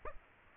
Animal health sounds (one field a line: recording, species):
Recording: mosquito wingbeat signal from an infrared sensor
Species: Aedes aegypti